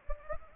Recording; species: mosquito wingbeat signal from an infrared sensor; Anopheles arabiensis